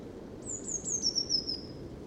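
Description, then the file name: Eurasian blue tit giving a long, high, thin whistled note that falls gradually, broken by soft ticks, over a steady low rumble. "Cyanistes caeruleus"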